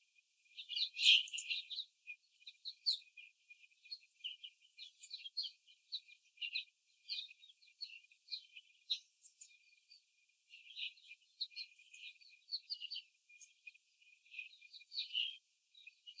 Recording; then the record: young laying hens in a cage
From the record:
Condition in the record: after the stressor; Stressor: simulated dog barking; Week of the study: 3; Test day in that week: 1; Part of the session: 3